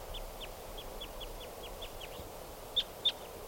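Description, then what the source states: Red Crossbill calls as a quick run of faint, short, downslurred notes, then two louder notes near the end over steady background hiss. Type 2; one lone wild male giving calls.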